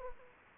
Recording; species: mosquito wingbeat signal from an infrared sensor; Anopheles gambiae